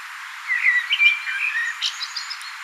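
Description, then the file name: Common blackbird song phrase: mellow whistles, then a squeaky, rapid high twitter at the end. "Turdus merula"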